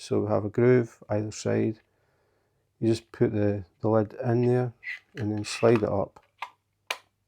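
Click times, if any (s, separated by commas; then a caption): 6.9 s. A plastic lid is slid along the grooves on either side of a plastic diamond painting drill tray while someone talks. It clicks and locks into place at the end of the tray at 6.9 s.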